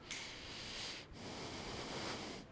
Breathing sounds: one breath in and out by a microphone near the nose and mouth; deep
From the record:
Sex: male

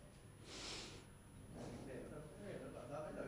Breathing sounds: one breath in and out by a microphone near the nose and mouth; normal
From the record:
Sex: male

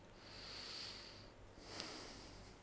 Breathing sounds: one breath in and out by a microphone near the nose and mouth; deep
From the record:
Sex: male

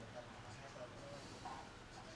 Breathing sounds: one breath in and out by a microphone near the nose and mouth; normal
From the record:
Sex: male

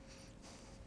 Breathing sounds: one breath in and out by a microphone near the nose and mouth; strong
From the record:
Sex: male

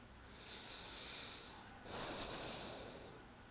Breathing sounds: one breath in and out by a microphone near the nose and mouth; deep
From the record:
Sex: male

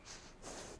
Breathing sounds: one breath in and out by a microphone near the nose and mouth; strong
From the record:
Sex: female

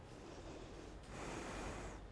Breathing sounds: one breath in and out by a microphone near the nose and mouth; normal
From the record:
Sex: female

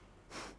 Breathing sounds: one breath in and out by a microphone near the nose and mouth; strong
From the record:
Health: marked as sick, illness not named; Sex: female

